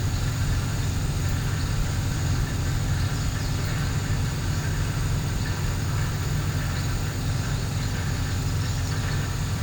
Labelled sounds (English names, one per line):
none